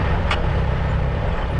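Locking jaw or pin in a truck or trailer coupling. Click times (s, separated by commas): 0.3 s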